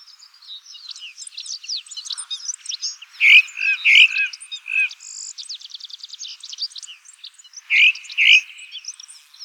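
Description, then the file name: Ring ouzel song: loud clear whistled notes in two groups with a pause between, set against near-continuous high scratchy twittering. "Merlo Dal Collare"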